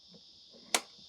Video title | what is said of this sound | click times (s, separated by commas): How to Install the Latest Nylex Retractable Hose Reel in minutes! | some people find this a little difficult but it's quite easy just pull it a little bit you'll hear a click | 0.8 s